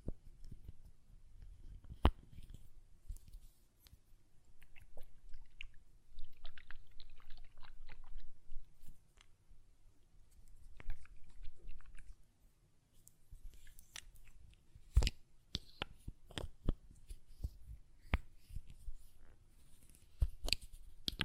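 Glass perfume bottle being tapped and handled, with sharp, bright clicks scattered irregularly through the recording, clustering more densely after about fifteen seconds. Softer scraping and rustling fill the gaps, over a low, steady rumble underneath.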